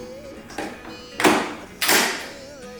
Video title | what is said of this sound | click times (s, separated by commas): Toro Power Shovel set up. Best Electric Power shovel. Cordless Electric Shovel | there you go you heard the click and then it shots right in uh | 1.2 s, 1.8 s